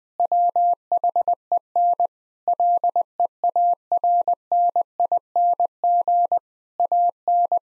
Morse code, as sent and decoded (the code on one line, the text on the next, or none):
.-- .... . -. / .-.. . .- .-. -. .. -. --. / .- -.
WHEN LEARNING AN